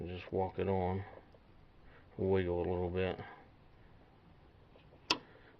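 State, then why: Seated. Someone talks while a ringed line end is pushed into its quick-connect coupling near the starter area of a 2007 Nissan Armada 5.6L during a starter install. A single loud, sharp click at 5.1 s marks the quick connector seating.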